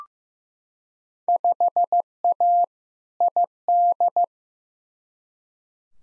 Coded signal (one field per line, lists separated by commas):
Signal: Morse code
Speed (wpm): 15 wpm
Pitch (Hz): 700 Hz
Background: none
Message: 5A ID